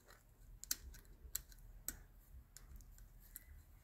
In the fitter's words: hear that clicking